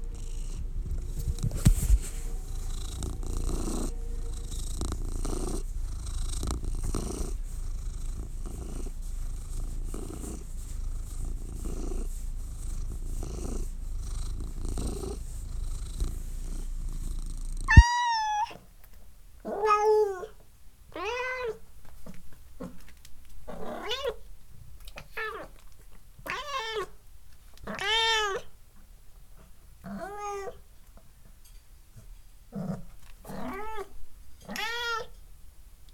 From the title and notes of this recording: Here is ten minutes of kitten sounds.